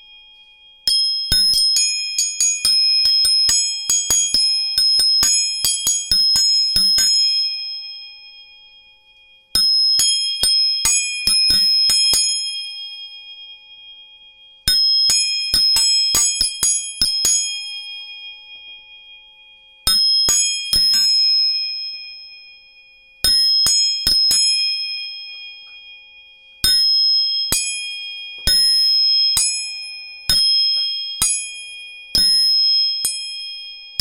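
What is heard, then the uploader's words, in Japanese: A tuning fork is struck over and over, in quick flurries of taps during the first half and then single, evenly spaced strikes toward the end. Each hit leaves a clear, bright, bell-like ring that fades slowly. 音叉チューニング3本。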